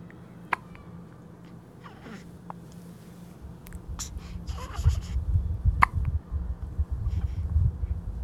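A few sharp, abrupt clicks spaced irregularly over about eight seconds, roughly four or five in all, each a brief catch in the throat, in an adult. These are hiccups, sudden involuntary spasms of the breathing muscle. A low rumbling background grows in the second half.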